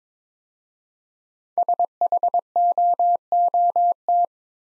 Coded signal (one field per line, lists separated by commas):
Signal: Morse code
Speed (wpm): 22 wpm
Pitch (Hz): 700 Hz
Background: none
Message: SHOOT